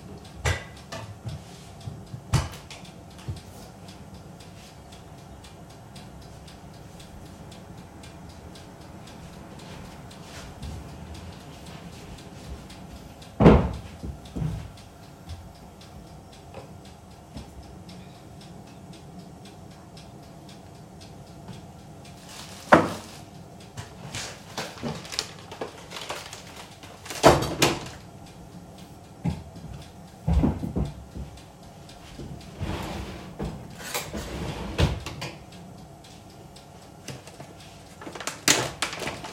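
Everyday kitchen sounds: a steady low hum under scattered knocks and clatters, with sharp bangs near 13, 23, 27 and 30 seconds.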